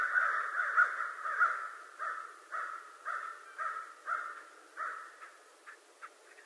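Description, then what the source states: American crow cawing, a series of hoarse harsh caws repeated about every half second, fading toward the end with a few shorter notes. Recorded 2011-11-25.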